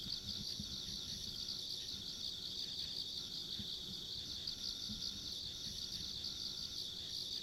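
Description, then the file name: Insects calling as a steady chorus of high, rapid trills, a quieter, higher layer above, and low muffled background noise throughout. Ambient insect sounds along a rural country road. "田舎道の虫の環境音"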